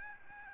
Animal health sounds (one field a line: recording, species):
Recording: mosquito wingbeat signal from an infrared sensor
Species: Aedes albopictus